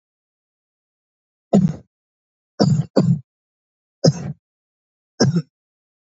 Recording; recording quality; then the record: heavy voluntary cough; excellent, no background noise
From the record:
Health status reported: exposed to COVID-19, no respiratory illness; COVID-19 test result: negative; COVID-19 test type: RT-PCR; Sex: male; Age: 23 years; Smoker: no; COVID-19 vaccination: both doses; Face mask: worn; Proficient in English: yes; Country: India